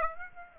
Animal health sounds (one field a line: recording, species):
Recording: mosquito wingbeat signal from an infrared sensor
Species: Aedes aegypti